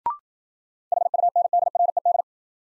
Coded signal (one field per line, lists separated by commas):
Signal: Morse code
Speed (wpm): 54 wpm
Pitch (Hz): 700 Hz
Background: none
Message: HUNDRED